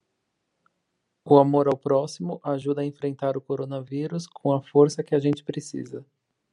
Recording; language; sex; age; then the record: spoken sentence; Brazilian Portuguese; male; 30 to 39 years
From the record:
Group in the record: control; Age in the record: 34 years